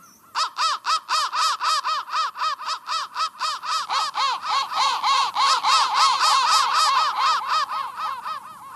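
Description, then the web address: Crow giving a steady stream of harsh, nasal caws, roughly four per second, continuing throughout with little pause. "soundfactory crow"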